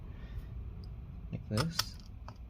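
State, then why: Not seated. A small numbered machine screw is turned backwards (counter-clockwise) by hand into the threaded post of an ASUS ROG Zephyrus GX502G GX502GW-XB76 laptop's metal bottom chassis during reinstallation. Faint handling ticks sound over low background noise while someone talks. Nothing has seated or clicked yet.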